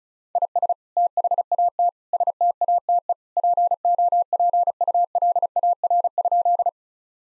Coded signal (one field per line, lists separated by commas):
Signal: Morse code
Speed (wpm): 36 wpm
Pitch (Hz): 700 Hz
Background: none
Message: IS THAT STATE POPULAR?